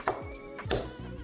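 A plastic piece is pressed into the body of a PLAYMOBIL Series 24 toy figure (set 70940), which fits only once the legs have been pushed in all the way. Two sharp plastic clicks sound at 0.1 s and 0.7 s over a faint steady tonal background, and the part snaps into place.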